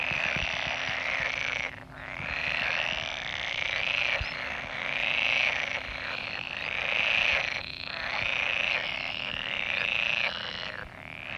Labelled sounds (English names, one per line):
Pool Frog call